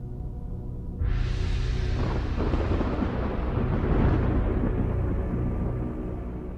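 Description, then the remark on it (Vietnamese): A low rumble breaks into a sudden loud boom, then a long roaring, rolling rumble overhead that swells again midway and slowly eases, with no voices. “Thần chú kết thúc, từ trên tầng không vang lên những tiếng nổ đùng đùng.”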